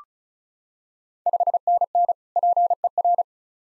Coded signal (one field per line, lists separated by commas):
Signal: Morse code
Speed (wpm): 34 wpm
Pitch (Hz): 700 Hz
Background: none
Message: 5NN PER